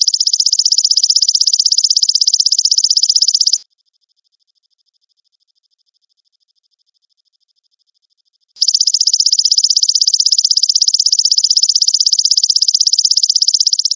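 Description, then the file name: Grasshopper buzzing: a high, rapidly pulsed trill for over three seconds, five seconds of silence, then the same dry trill resumes and continues. "suara belalang emas"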